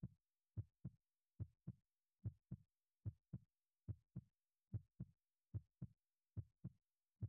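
An adult woman's heartbeat heard against her chest: a steady lub-dub, paired low thumps at about 72 beats a minute, with an even rhythm.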